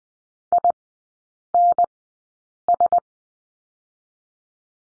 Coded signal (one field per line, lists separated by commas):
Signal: Morse code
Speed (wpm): 20 wpm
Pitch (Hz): 700 Hz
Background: none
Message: INS